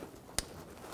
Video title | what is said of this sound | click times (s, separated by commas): How to Replace O2 Oxygen Sensor 2005-2015 Toyota Tacoma 2.7L L4 | push until you hear a click | 0.4 s